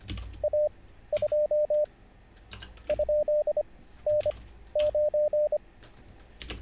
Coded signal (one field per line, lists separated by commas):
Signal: Morse code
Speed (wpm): 25 wpm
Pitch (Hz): 600 Hz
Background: none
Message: A2 ?N9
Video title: How to Weather the Coronavirus by Learning Morse Code LIVE with N0SSC (Day 33)